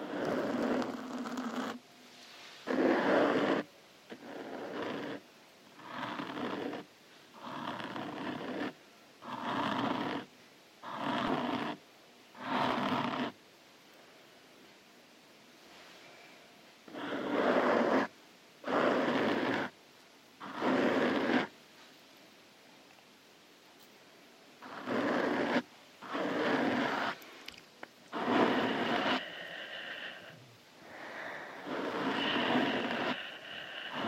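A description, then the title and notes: Scratching and hand movements come in repeated rough bursts of a second or so, evenly paced, pausing around fifteen seconds, then resuming. ASMR Scratching Your Brain With CLAWS. Lots of scratching & hand movements.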